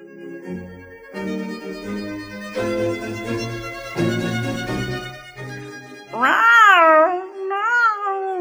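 Sustained tonal music plays before a cat lets out two loud, drawn-out meows, the first long and wavering, the second shorter with a rising then falling pitch.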